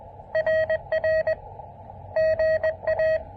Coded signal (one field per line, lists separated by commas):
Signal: Morse code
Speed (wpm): 20 wpm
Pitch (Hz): 590 Hz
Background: none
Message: RR GA